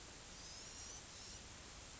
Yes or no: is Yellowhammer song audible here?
no